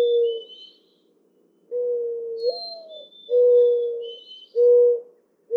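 Mourning dove cooing, a low hollow coo with a rising inflected note followed by steady drawn-out coos, with thin high birdsong faint in the background.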